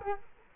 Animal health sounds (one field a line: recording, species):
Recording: mosquito wingbeat signal from an infrared sensor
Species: Culex quinquefasciatus